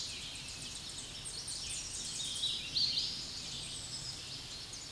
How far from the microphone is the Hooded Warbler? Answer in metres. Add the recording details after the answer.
about 45 m. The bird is about 5 m below the microphone. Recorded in a Pennsylvania forest on 16 May 2024 at 07:16. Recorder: AudioMoth, point MSD-2143. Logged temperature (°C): 16.0 °C. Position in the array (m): 14 m, 153 m